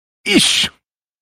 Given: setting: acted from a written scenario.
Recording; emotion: vocal sound without words; pain